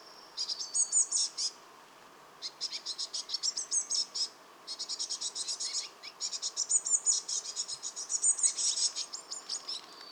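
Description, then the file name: Eurasian blue tit giving harsh, buzzy bursts of rapid high notes with short pauses between. "Cyanistes caeruleus"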